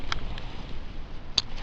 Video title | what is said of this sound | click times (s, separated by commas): DayZ Survival Tips For Real Life | The adjustable straps, they just click in. | 1.4 s